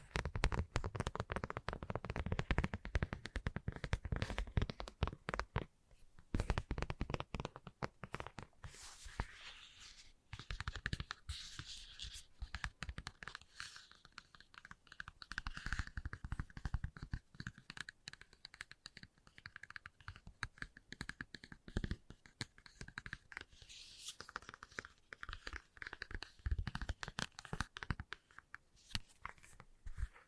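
Fast, light tapping runs nearly the whole time as a dense patter of quick, crisp ticks. It thins briefly near the six-second mark and again around ten seconds. Bursts of fuller, rougher scratching sounds come and go underneath, heaviest early on and near twenty-six seconds.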